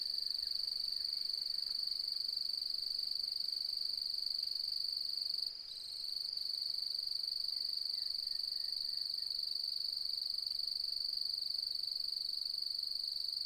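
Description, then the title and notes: Cricket song, a sustained high-pitched pulsing trill, steady throughout except for one brief dropout just before halfway. Nocturnal cricket song at dusk as full moon rises, fluctuating; autumn, 4 May 2015; Mallee woodland, outback, Mungo National Park, NSW, Australia. "Autumnal Dusk At Mungo National Park, NSW, Australia. As the light fades and the full moon rises.. the nocturnal cricket song begins and fluctuates. Recorded on the 4th of May, 2015 in the outback"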